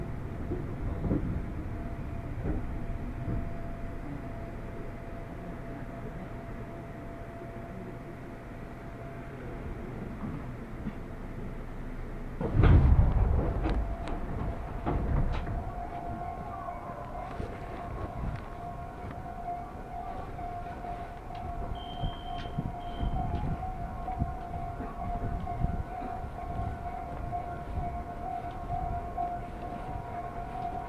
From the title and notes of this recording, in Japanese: 耳で楽しむ鉄道旅 南武線・南武支線・鶴見線。